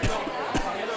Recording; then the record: coughing mixed with background sound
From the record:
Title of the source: Coughing 51